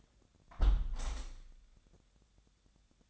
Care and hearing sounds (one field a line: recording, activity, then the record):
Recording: daily activity, microphone in the room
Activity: close window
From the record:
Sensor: 3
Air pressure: 1014.9 hPa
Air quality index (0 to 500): 75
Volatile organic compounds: 2 ppm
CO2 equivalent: 1018 ppm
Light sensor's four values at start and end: 9/22/9/9 and 9/22/9/9